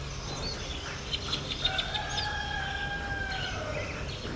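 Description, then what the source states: Rooster crowing, one drawn-out crow, with a few bird chirps over steady low background noise. Roosters crowing at sunrise on a Sunday, Nkolmbong-Nord neighborhood, Émana, Yaoundé 1, Cameroon, 24 March 2024, 6:31 a.m., recorded on an iPhone 7.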